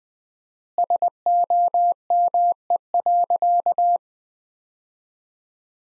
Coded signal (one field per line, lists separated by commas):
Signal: Morse code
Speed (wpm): 20 wpm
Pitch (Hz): 700 Hz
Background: none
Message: SOME.